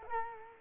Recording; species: mosquito wingbeat signal from an infrared sensor; Culex quinquefasciatus